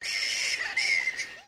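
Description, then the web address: Black flying fox harsh screeching calls, two rasping squawks with a short break between them, then a final brief screech. A group of black flying foxes calling together. "Sound Effects-Foundation 1 ANIMAL BLACK FLYING FOX GROUP CALL"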